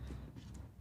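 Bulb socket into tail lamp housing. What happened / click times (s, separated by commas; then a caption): The bulb socket clicked into the lamp housing / 0.6 s. A plastic bulb socket is fitted into the back of a car tail lamp housing, and a single short click is heard at 0.6 s as it seats in place. Low rumbling background noise runs throughout, and someone talks.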